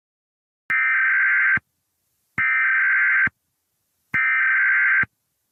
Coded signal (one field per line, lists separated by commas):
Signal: Emergency Alert System (SAME) tones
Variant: header bursts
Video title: (150 Subscriber Special) EAS Scenario - Superstorm